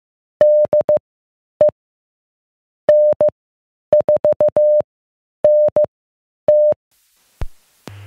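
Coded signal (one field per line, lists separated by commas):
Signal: Morse code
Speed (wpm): 15 wpm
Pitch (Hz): 600 Hz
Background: none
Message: DE N4NT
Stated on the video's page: Club net on 442.200 MHz repeater, +100 Hz tone, temporarily replacing storm-damaged club repeater.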